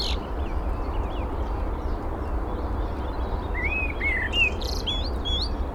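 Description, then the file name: Eurasian blackbird singing a mellow, sliding warbled phrase near the end after quiet high twitters, over a constant low rumbling background. "Turdus merula"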